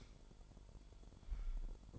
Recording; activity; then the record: daily activity, microphone in the room; light off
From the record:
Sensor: 5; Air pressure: 1008.0 hPa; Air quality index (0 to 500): 109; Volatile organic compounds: 1 ppm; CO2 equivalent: 843 ppm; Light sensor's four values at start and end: 30/70/28/27 and 30/69/28/27